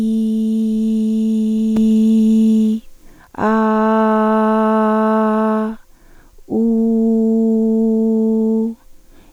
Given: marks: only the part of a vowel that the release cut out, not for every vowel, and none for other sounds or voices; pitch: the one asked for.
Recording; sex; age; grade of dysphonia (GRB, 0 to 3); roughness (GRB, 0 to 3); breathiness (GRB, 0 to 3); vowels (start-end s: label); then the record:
sustained vowels; female; 40 to 49 years; 1; 0; 1
0.00-1.74 s: vowel /i/, normal pitch
3.59-5.49 s: vowel /a/, normal pitch
6.70-8.56 s: vowel /u/, normal pitch
From the record:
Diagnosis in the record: hyperfunctional dysphonia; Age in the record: 47 years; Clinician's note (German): Ponogen